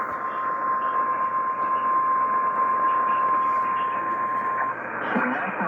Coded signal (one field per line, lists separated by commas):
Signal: Emergency Alert System (SAME) tones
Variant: 1050 Hz attention tone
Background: speech